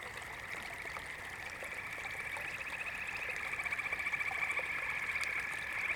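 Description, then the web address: Frogs calling in chorus, a rapid pulsed trilling that builds steadily louder throughout. "The Natural Sounds of the Wilderness. Echoes of Nature - Frog Chorus"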